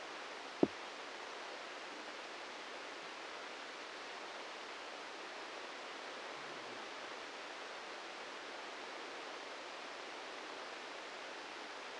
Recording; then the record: brain microelectrode recording played as sound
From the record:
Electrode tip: outside the subthalamic nucleus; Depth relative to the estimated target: 1 mm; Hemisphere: right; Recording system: NeuroSet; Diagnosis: Parkinson's disease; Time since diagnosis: 13 years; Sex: male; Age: 65 years